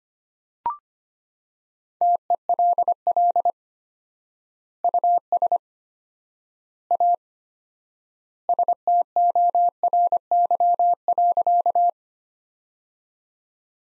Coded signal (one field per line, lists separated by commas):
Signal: Morse code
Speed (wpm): 25 wpm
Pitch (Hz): 700 Hz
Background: none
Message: TELL US A STORY.